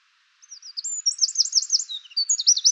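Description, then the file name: Eurasian wren delivering a rapid, high-pitched song of sharp slurred notes and a fast rolling trill, with another trill starting near the end. "Troglodytes troglodytes"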